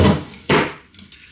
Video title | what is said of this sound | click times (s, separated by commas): Ninja Creami Pear Sorbet Recipe (with canned pear in syrup) | clicked in place, and then this is ready to go over to your Ninja Creami | 0.5 s